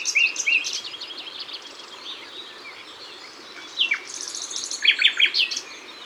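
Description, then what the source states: Common nightingale song: two short whistled notes, soft warbling, then a quick series of bright, sharply repeated notes near the end. Ardèche.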